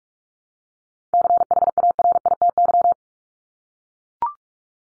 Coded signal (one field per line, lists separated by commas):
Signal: Morse code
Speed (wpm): 44 wpm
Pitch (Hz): 700 Hz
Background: none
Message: CHARITY